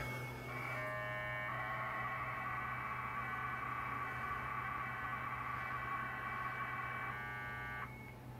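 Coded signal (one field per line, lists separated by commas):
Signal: modem data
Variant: Bell 202, 1200 baud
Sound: about seven seconds of rapid warbling two-tone data chatter, opening with a brief steadier tone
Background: low mains hum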